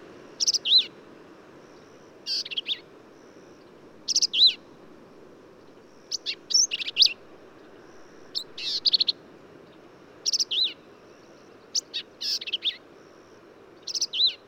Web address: songs Black-capped Vireo